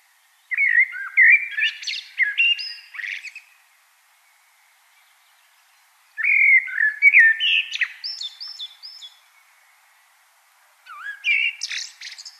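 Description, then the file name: Common blackbird song: three phrases of mellow fluted warbling mixed with squeaky high twitters, separated by short pauses, the last cut off at the end. "Turdus merula"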